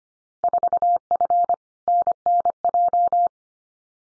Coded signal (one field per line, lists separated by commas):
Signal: Morse code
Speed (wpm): 25 wpm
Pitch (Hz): 700 Hz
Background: none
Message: 4F NNJ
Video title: Field Day Exchange 25wpm